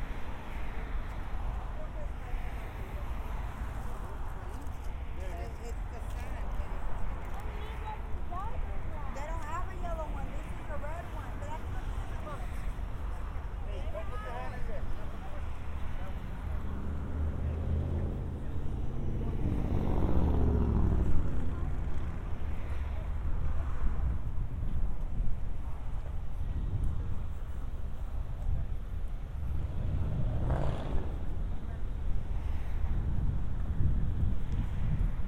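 A walk through San Diego streets, recorded binaurally, with a constant low rumble of traffic throughout. Brief voices or chirping sounds surface around ten and fifteen seconds, and the noise swells after that as vehicles pass, loudest near twenty and thirty seconds.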